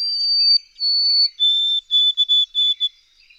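White-throated sparrow song beginning mid-note: long whistled tones stepping downward, then a lower note and a short burst of repeated whistles.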